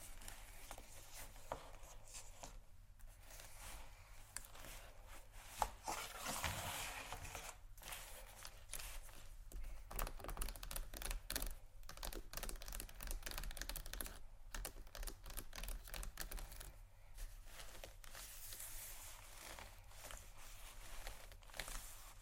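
Fingers tap and scratch across luxury leather bags in a quick, steady stream of crisp little clicks and scrapes. The texture stays dense and bright throughout, with brief pauses near 3, 14 and 17 seconds and a sharper knock around 5.5 seconds.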